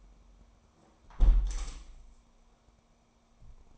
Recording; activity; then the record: daily activity, microphone in the room; close window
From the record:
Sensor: 1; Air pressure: 1000.5 hPa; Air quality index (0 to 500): 183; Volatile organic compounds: 4 ppm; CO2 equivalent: 1682 ppm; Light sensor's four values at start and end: 11/26/11/13 and 10/25/10/12